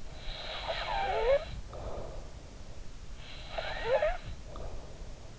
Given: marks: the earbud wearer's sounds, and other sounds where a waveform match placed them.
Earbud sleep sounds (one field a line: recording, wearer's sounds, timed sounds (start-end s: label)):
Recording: sounds in sleep by an in-ear microphone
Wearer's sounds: snoring breath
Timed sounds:
0.22-2.63 s: snoring breath
3.20-5.14 s: snoring breath